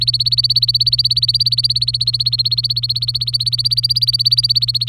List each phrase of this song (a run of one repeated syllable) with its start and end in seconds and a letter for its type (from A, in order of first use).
0.00-4.88 A